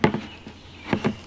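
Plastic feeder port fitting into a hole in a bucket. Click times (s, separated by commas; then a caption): 0.0 s. A plastic feeder port collar for a chicken gravity feeder is pushed into a hole cut in a bucket wall, and its small ridges lock it into place. A sharp hit at 0.0 s marks it seating, followed by a softer knock just after and a pair of light taps near the end. The fitting is locked in.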